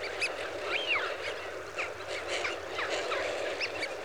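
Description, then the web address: Eurasian wigeon flock calling: one drawn-out whistle among many short overlapping notes, over constant background noise. "The BBC Sound Effects Library. Wigeon (Anas Penelope) Flock"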